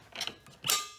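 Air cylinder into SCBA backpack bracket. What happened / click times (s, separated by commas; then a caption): The cylinder snapped home in its bracket / 0.7 s. An air cylinder is pushed home into the retaining bracket of an SCBA backpack, giving an earlier click and light mechanical creaking. It then snaps into its bracket with a sharp click at 0.7 s. The cylinder is seated in place.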